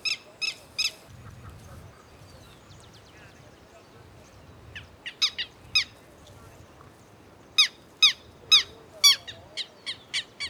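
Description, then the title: Black-crested warbler song: scattered bursts of sharp high chips, a short group at the start, a few in the middle, then a run of bright notes near the end. "Myiothlypis Nigrocristata"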